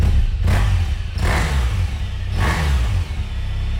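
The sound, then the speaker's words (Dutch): A motorcycle that has just had a major service idles in a workshop with a deep, steady rumble, then is revved in three sharp surges, each roar rising and falling back. No voices are heard. “Krijgt deze nou ook een onderhoudsbeurt? Ja, klopt ja. Deze heeft een grote onderhoud gehad.”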